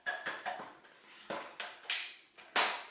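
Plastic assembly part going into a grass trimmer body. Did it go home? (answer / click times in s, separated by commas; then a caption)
yes / 2.6 s. A plastic assembly part is pushed into the body of a Bosch EasyGrassCut 18 18V cordless grass trimmer, producing a series of sharp plastic knocks and taps. The strongest hit, at 2.6 s, is the part locking into place, and the part is seated.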